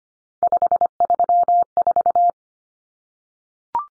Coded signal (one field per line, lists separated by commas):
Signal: Morse code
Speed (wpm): 25 wpm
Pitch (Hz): 700 Hz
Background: none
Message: 534